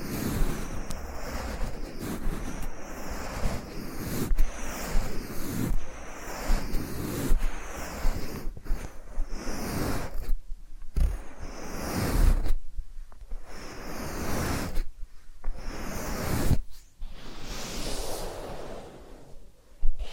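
Massage and ear-cleaning sounds: dense rubbing and scratching fill most of the clip, broken by frequent sharp taps and clicks. Around 12 and 17 seconds the texture drops into short quieter gaps, then resumes with soft swishing strokes before ending on a sharp click.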